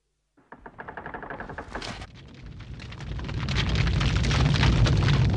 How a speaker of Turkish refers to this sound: Şimdi de bacaya dün vurulan bağı devirmeye çalışıyor. Tavan çökecek. Ne yapmaya çalıştığını çok iyi anladım. Dökülecek molozlarla dinamit alanının önü kapanacak.